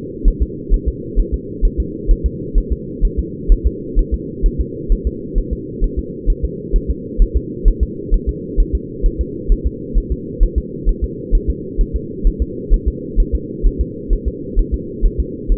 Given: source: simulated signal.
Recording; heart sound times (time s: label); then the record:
fetal heart sounds
0.28 s: S1
0.43 s: S2
0.74 s: S1
0.88 s: S2
1.20 s: S1
1.34 s: S2
1.65 s: S1
1.80 s: S2
2.11 s: S1
2.26 s: S2
2.58 s: S1
2.72 s: S2
3.05 s: S1
3.19 s: S2
3.52 s: S1
3.67 s: S2
3.99 s: S1
4.14 s: S2
4.46 s: S1
4.61 s: S2
4.92 s: S1
5.07 s: S2
5.38 s: S1
5.53 s: S2
5.84 s: S1
5.99 s: S2
6.30 s: S1
6.45 s: S2
6.76 s: S1
6.90 s: S2
7.22 s: S1
7.37 s: S2
7.68 s: S1
7.83 s: S2
8.14 s: S1
8.29 s: S2
8.60 s: S1
8.75 s: S2
9.06 s: S1
9.21 s: S2
9.52 s: S1
9.67 s: S2
9.98 s: S1
10.12 s: S2
10.43 s: S1
10.58 s: S2
10.89 s: S1
11.04 s: S2
11.35 s: S1
11.50 s: S2
11.81 s: S1
11.96 s: S2
12.27 s: S1
12.42 s: S2
12.74 s: S1
12.88 s: S2
13.20 s: S1
13.35 s: S2
13.67 s: S1
13.81 s: S2
14.13 s: S1
14.28 s: S2
14.59 s: S1
14.74 s: S2
15.06 s: S1
15.20 s: S2
15.52 s: S1
From the record:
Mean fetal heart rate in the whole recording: 130 bpm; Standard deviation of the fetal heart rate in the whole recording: 2 bpm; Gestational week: 38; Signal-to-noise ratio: -4.1 dB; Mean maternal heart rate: no maternal heart sound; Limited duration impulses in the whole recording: absent